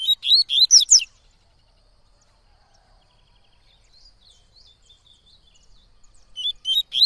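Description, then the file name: Yellow-bellied Seedeater song: quick bright phrase of whistled, sweeping notes at the start, faint soft notes between, and the phrase returning at the end. Singing a lot; tui-tui song style. "Coleiro Baiano Cantando Muito Canto Tui Tui"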